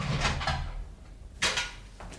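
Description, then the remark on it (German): A key rattles and turns in the lock of a door to a room with a narrow hospital bed, followed a second later by a sharper clack as the door is pushed open, with no voices. “Da hörte ich jemand die Tür aufschließen.”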